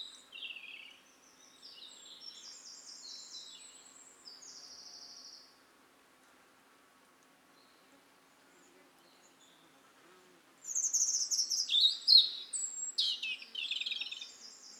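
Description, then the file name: European robin singing a quieter high warbled phrase, then after a long pause a louder burst of rapid, squeaky, tumbling notes. "Erithacus rubecula"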